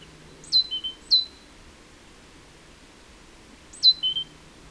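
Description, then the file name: Great tit calls: brief high, falling notes, some trailed by a short lower whistle, in two separated bursts against quiet background. "Parus major"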